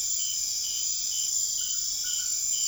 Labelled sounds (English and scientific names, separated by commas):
none